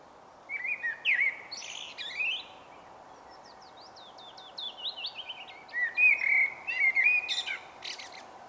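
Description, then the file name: Common blackbird song with rich fluted notes, then a rapid series of thin, high squeaky twitters, over a steady low background hiss. "Turdus merula"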